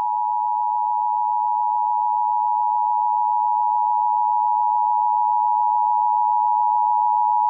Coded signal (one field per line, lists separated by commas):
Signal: Emergency Alert System (SAME) tones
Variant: 853 and 960 Hz attention tone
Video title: EAS Severe Thunderstorm Warning Willcox,GA